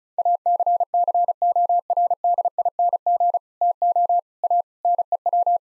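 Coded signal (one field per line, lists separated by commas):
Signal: Morse code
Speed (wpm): 36 wpm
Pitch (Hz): 700 Hz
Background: none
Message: ACCORDING TO A NEW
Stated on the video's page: Morse head-copy practice of seven-word sets at 35 wpm, sent, spoken, then sent again.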